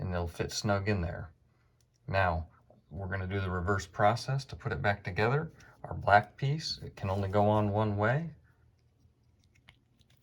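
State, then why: Not seated. While changing the battery on a Toyota key fob, someone talks as the black plastic inner housing piece, which only fits one way, is lined up on the fob before being pressed in. Only faint handling noises are heard near the end, and nothing has seated or clicked yet.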